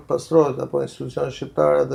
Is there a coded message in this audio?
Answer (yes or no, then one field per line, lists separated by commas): no